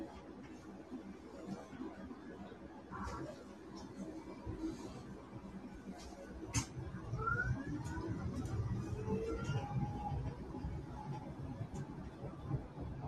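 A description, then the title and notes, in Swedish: Inside a bus on a journey, a steady low engine rumble runs throughout beneath murmured conversation from other passengers. A sharp knock comes around six and a half seconds, then short squealing tones rise and fall as the ride gets louder toward the end. Lyssna in Min Bussresa.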